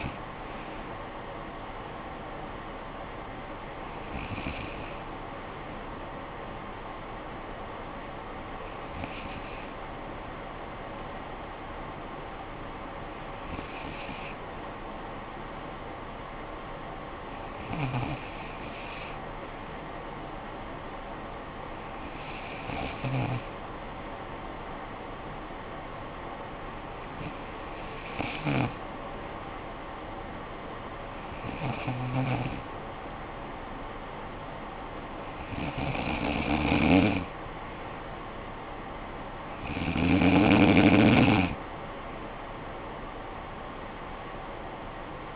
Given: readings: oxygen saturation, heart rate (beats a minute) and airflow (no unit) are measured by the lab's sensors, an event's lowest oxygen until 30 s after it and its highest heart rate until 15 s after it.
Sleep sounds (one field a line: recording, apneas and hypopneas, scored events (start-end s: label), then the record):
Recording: breathing in sleep by a voice recorder at the bedside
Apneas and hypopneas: none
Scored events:
none scored
From the record:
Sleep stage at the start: N3 (deep sleep)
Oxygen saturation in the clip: 94 to 96%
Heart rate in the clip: 51 to 58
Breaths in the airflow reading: 10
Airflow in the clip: -9.1 to 6.8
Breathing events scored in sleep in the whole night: 445 in 7.6 hours asleep